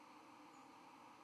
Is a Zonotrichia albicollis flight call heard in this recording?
no